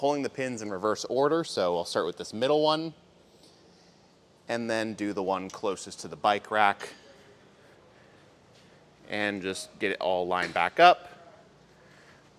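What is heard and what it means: The locking pins on the swing-away arm of a RockyMounts AfterParty Swing Away bike rack for 2 bikes, mounted on a 2021 Jeep Wrangler 4xe, are pulled in reverse order, middle pin first and then the one closest to the bike rack, as the arm is lined back up. Someone talks over quiet handling noise in the gaps, with no hit. Nothing has clicked into place yet.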